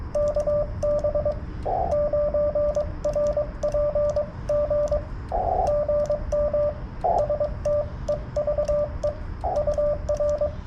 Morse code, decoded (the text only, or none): KB9RPG GM STEVE UR